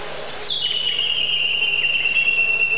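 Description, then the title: Bird whistle, a single long thin note that starts higher and slides gently down, then holds steady for over two seconds. Many different bird sounds. "Bird Sound Effects पक्षी लगता है"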